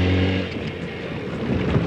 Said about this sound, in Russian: К ней подъезжает несколько мотоциклов.